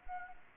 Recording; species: mosquito wingbeat signal from an infrared sensor; Anopheles gambiae